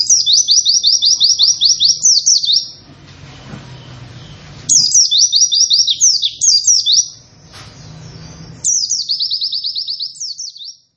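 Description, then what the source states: Oriental white-eye song: bursts of rapid, high descending chirps repeated in long runs of two to two and a half seconds each, separated by quiet gaps with faint low background hum. Long, rapid "wit wit wit" song style; singing bird described as in full voice.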